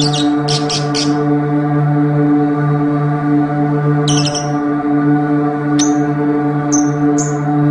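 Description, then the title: Oriental magpie-robin song: a few rapid buzzy trills at the start, then scattered short whistled notes, over a steady low hum. "Kicau Kacer"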